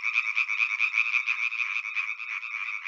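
European tree frog calling: a fast, continuous rattle of rapid pulses with a steady throbbing rhythm throughout.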